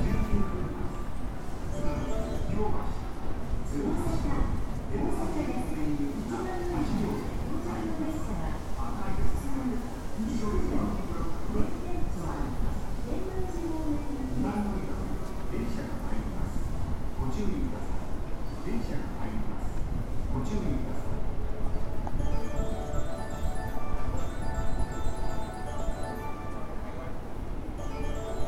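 Inside a local train on the Osaka Loop Line's outer loop, a steady low rumble runs throughout. Voices talk over it, clearest in the first fifteen seconds. Near the end, brighter ringing tones and a chime-like sound appear above the noise.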